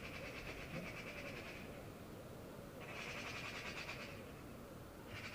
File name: Pica pica